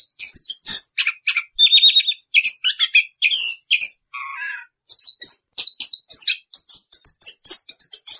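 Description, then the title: Orange-headed thrush song: varied whistled phrases, a fast even trill near two seconds, a lower warble around four seconds, then rapid high chirps. Continuous rolling song (ngerol). "Anis Kembang suara anis kembang ngerol"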